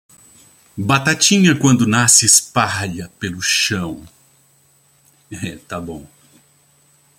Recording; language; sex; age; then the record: short text; Brazilian Portuguese; male; 60 to 69 years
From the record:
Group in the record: control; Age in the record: 65 years